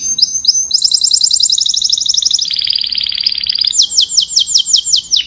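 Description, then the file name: Domestic canary song of fast rolling trills that drop in pitch midway, then turn into slower, louder repeated sweeping notes. "Tieng chim hoang yen hot"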